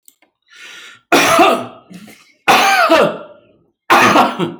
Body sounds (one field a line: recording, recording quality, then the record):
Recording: heavy voluntary cough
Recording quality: excellent, no background noise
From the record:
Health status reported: healthy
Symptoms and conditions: none ticked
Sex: male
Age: 35 years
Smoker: not ticked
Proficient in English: yes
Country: India